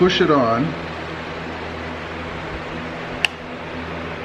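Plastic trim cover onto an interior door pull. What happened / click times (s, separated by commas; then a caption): The plastic cover snapped into place / 3.2 s. Someone talks briefly while pushing a Meso Customs plastic door handle cover, which hides the chrome, back onto the interior door pull of a Toyota Tacoma after it had been removed earlier. After a steady low hum, a single sharp snap is heard at 3.3 seconds as the cover seats in place.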